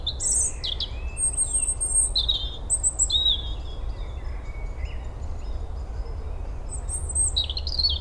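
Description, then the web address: European robin with clear, high, piping whistles and trills in quick, varied phrases, over a steady low-pitched rumble. "SETE data Erithacus rubecula"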